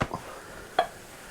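A metal canning lid on a glass jar of hot strawberry jam pops down at 0.8 s as the cooling jar's vacuum pulls it onto the rim, giving a single sharp, ringing click. A fainter tap comes earlier at 0.1 s, and the lid is sealed by the pop.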